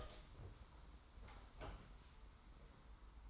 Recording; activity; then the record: daily activity, microphone in the room; open door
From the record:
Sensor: 3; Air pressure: 991.6 hPa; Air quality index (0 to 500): 145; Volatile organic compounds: 403 ppm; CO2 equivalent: 4676 ppm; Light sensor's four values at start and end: 41/117/47/41 and 41/117/47/41